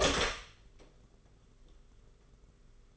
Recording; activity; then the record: daily activity, microphone in the room; open door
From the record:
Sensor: 4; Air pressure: 991.2 hPa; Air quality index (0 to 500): 133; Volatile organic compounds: 46 ppm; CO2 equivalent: 3243 ppm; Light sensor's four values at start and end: 9/22/8/9 and 14/35/13/15